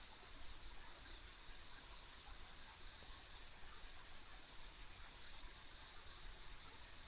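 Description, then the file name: Continuous shrill insect chorus with scattered pulsing chirps layered on a soft, steady background noise. Ambient insect sounds along a rural country road. "田舎道の虫の環境音"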